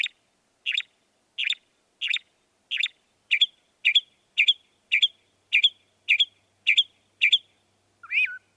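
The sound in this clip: Northern mockingbird song: a long run of about a dozen sharp, chirpy notes spaced roughly every 0.6 seconds, ending with a different slurred whistle.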